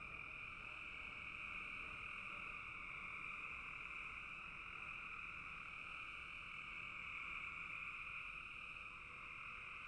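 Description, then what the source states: Frog chorus, many callers merging into a continuous shrill trilling hum with two steady pitch bands, no pauses throughout. Frogs calling in a bog.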